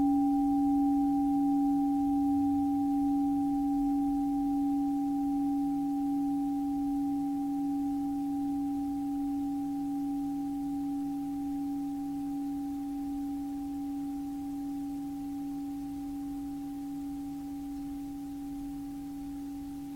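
A singing bowl rings with a steady low hum and a clear higher overtone, slowly fading over twenty seconds against faint background rustle.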